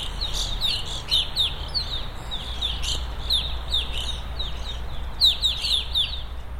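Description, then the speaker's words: Evening grosbeak flock calls, many short, high, downward-slurred notes repeated quickly and overlapping throughout, over a low steady background rumble. Feeder flock; short, downward-slurred calls and rattling trills similar to a starling flight call. "Here are sounds from a feeder flock in case you want to pick them out by ear. Listen for both the short, downward slurred calls and the rattling trills similar to a starling flight call."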